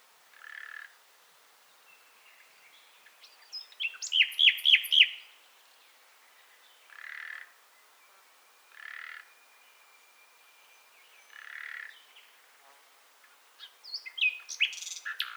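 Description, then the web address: Common nightingale song: low churring notes repeated at intervals, interrupted by a loud fast rattling trill and a final varied flourish. "SETE Luscinia megarhynchos"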